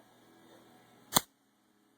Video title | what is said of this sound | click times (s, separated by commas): Kawasaki Nomad 1600 CamChainTensioner | this is on you hear that extend you're going to take and loosen this screw up and you should hear it snap just | 1.2 s